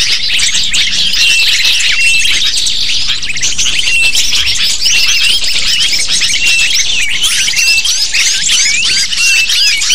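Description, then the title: Lovebirds chattering as a flock, a dense, unbroken stream of shrill, high chirps and squeaks overlapping throughout, with a few thin steady whistled tones. Lure used to attract lovebirds. "PIKAT BURUNG LOVEBIRD"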